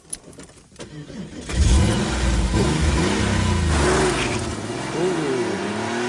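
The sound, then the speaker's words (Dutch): A Porsche 911 sports car engine cranks briefly, then fires up and revs with a throaty roar, the pitch rising and falling in several swells before settling into a loud, rumbling idle. “We hoorden een Porsche, volgens mij. Ja, want dat een Porsche 911.”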